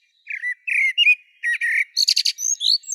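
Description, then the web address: Common blackbird giving a short clear phrase of low fluty notes that ends in a fast, high, squeaky twitter, with no other sounds behind it. "Turdus merula"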